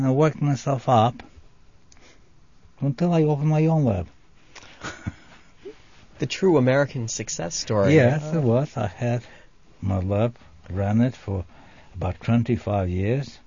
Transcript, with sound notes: I worked myself up until I opened my own lab. [Laughs]
A true American success story.
It was. I had my lab, ran it for about twenty-five years.